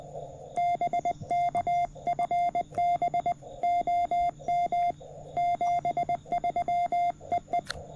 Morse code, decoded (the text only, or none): BK FB OM 73 EE